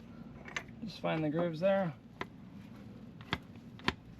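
A splined shaft is carefully guided through a seal into its housing without a guide sleeve while someone talks and lines up the grooves. Short, sharp handling knocks are heard around 0.6 s, 2.2 s, 3.3 s and 3.9 s. Nothing has seated or clicked into place yet.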